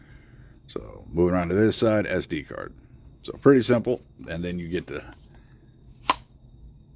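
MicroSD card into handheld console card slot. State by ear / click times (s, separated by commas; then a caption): seated / 6.1 s. A microSD card is pushed into the side card slot of an Anbernic RGSlide handheld console while someone talks. It latches with a sharp little click at 6.1 s, and the card is seated.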